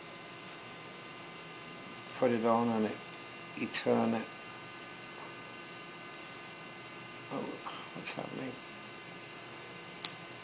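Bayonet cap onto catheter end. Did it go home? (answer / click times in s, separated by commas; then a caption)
yes / 10.0 s. A bayonet-style cap, a fitting like a light bulb's, is placed on the end of a catheter and turned while someone talks over a steady background hum. A short, sharp click at 10.1 s marks the cap seating home.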